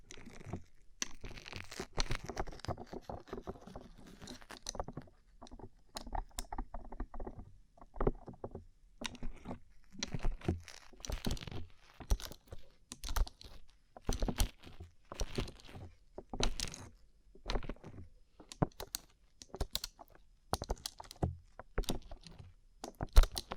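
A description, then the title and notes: Rapid, irregular tapping on rhinestones produces crisp, bright clicks in dense clusters, separated by brief pauses, with a few sharper knocks throughout. ASMR Rhinestone Covered Tapping 3Dio (No Talking).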